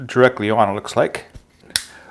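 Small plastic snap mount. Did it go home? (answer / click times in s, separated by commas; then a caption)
yes / 1.8 s. A plastic quick-release mount of an action camera is pushed straight down into the socket of a U-shaped neck holder, having first been held at an angle before being set straight up and down. Someone talks, then after a short pause the mount snaps into place with a sharp click at 1.8 s and locks into the holder.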